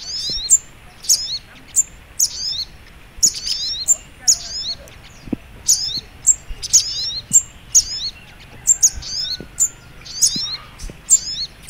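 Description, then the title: Little spiderhunter giving shrill repeated phrases of bright clicks and tumbling high notes, without pause. Masteran (training) recording, titled Labaik. "Masteran Burung Sogok Ontong Labaik"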